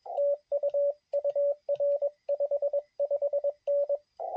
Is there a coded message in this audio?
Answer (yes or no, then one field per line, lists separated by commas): yes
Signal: Morse code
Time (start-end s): 0.2-4.0 s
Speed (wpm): 17 wpm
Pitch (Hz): 560 Hz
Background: radio noise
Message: TU UR 55N